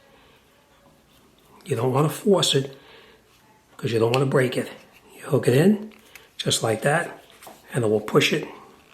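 A plastic key fob housing section is hooked in at the back and handled onto the key fob body, not forced so it won't break, while someone talks. Only soft handling noises come between the speech, and nothing has seated or clicked yet.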